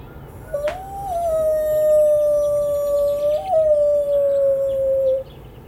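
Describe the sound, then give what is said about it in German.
A man imitates a wolf with one long, sustained howl that rises briefly, holds a steady mid pitch with a small waver, then cuts off after about five seconds. “Das ist der Wolf. Also, nee, das bin ich.”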